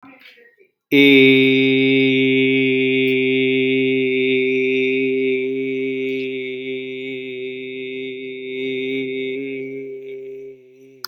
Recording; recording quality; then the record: sustained vowel as in made; excellent, no background noise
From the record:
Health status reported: healthy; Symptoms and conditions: diabetes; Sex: male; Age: 63 years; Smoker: not ticked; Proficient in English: yes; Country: India